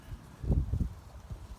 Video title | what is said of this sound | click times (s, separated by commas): Reinstalling spark plugs after you broke 10 yr old plastic clip | you'll hear it there hear that feel that click and snap that means it's tight enough | 0.5 s